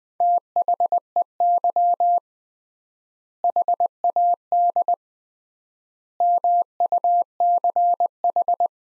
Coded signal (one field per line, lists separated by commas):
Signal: Morse code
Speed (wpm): 20 wpm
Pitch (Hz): 700 Hz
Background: none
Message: THEY HAD MUCH